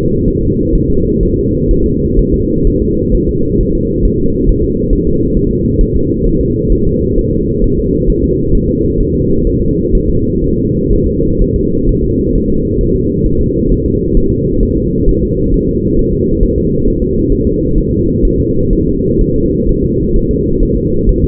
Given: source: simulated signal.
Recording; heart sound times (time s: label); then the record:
fetal heart sounds
0.28 s: S1
0.42 s: S2
0.75 s: S1
0.90 s: S2
1.23 s: S1
1.38 s: S2
1.71 s: S1
1.86 s: S2
2.19 s: S1
2.34 s: S2
2.67 s: S1
2.82 s: S2
3.14 s: S1
3.29 s: S2
3.61 s: S1
3.75 s: S2
4.05 s: S1
4.20 s: S2
4.49 s: S1
4.64 s: S2
4.93 s: S1
5.07 s: S2
5.37 s: S1
5.51 s: S2
5.81 s: S1
5.96 s: S2
6.26 s: S1
6.41 s: S2
6.72 s: S1
6.87 s: S2
7.18 s: S1
7.33 s: S2
7.64 s: S1
7.79 s: S2
8.09 s: S1
8.24 s: S2
8.55 s: S1
8.69 s: S2
9.00 s: S1
9.15 s: S2
9.47 s: S1
9.62 s: S2
9.95 s: S1
10.09 s: S2
10.44 s: S1
10.58 s: S2
10.93 s: S1
11.07 s: S2
11.42 s: S1
11.56 s: S2
11.89 s: S1
12.04 s: S2
12.35 s: S1
12.50 s: S2
12.81 s: S1
12.95 s: S2
13.26 s: S1
13.41 s: S2
13.71 s: S1
13.86 s: S2
14.17 s: S1
14.32 s: S2
14.63 s: S1
14.78 s: S2
15.09 s: S1
15.23 s: S2
15.54 s: S1
15.69 s: S2
15.99 s: S1
16.13 s: S2
16.43 s: S1
16.58 s: S2
16.87 s: S1
17.02 s: S2
17.32 s: S1
17.47 s: S2
17.78 s: S1
17.92 s: S2
18.25 s: S1
18.40 s: S2
18.73 s: S1
18.87 s: S2
19.21 s: S1
19.36 s: S2
19.69 s: S1
19.84 s: S2
20.16 s: S1
20.31 s: S2
20.63 s: S1
20.77 s: S2
21.09 s: S1
21.24 s: S2
From the record:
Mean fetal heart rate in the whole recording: 130 bpm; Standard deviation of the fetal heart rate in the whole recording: 4 bpm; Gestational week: 38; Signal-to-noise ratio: -15.3 dB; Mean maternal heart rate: 72 bpm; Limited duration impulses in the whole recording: present